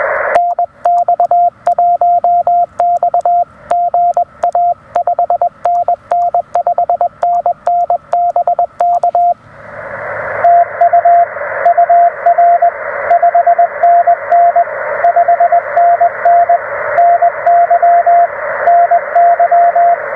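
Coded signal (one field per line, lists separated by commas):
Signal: Morse code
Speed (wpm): 21 wpm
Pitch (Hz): 690 Hz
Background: radio noise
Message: NX1X GA 5NN 5NN BK TU UR 5NN 5NN NY NY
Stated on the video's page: Park activation with a Penntek TR-45L transceiver, CW paddles, and a Radioddity HF-009 portable vertical antenna.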